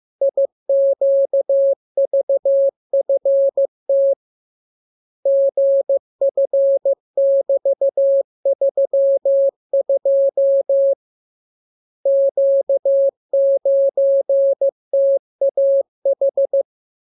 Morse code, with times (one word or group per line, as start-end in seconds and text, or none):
0.2-4.1 IQVFT
5.3-10.9 GF<BT>32
12.1-16.6 Q9TAH